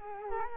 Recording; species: mosquito wingbeat signal from an infrared sensor; Culex quinquefasciatus